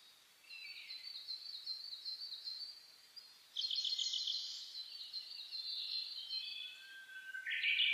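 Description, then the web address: Birds singing in a dawn chorus, high thin whistles and trills overlapping, with a louder burst of chirps midway and a sharp call at the end. Dawn chorus (reimei, saezuri) recorded on 10 May 2010 at 04:01. "sounds data 2010 reimei DH-D 50-saezuri-20100510-0401"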